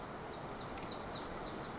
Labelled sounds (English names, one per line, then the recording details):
Lazuli Bunting
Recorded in Sonoma County, California